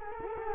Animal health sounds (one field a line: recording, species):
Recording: mosquito wingbeat signal from an infrared sensor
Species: Culex quinquefasciatus